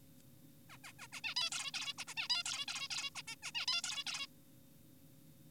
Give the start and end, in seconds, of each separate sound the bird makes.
0.70-0.78, 0.84-0.92, 0.99-1.07, 1.13-1.21, 1.24-1.34, 1.36-1.50, 1.52-1.72, 1.74-1.94, 1.98-2.04, 2.08-2.14, 2.17-2.28, 2.30-2.43, 2.46-2.66, 2.68-2.88, 2.90-3.10, 3.16-3.22, 3.28-3.36, 3.43-3.52, 3.55-3.66, 3.68-3.82, 3.84-4.04, 4.07-4.27